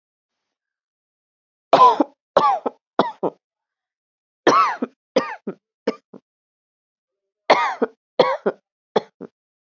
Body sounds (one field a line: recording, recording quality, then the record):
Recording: heavy voluntary cough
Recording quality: excellent, no background noise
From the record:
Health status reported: healthy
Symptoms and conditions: none ticked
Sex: female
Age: 36 years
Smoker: not ticked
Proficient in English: yes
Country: India